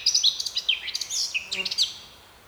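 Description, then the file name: Eurasian blackcap, a brief burst of quick chattering and whistled warble notes that fades out at the end. "Sylvia atricapilla"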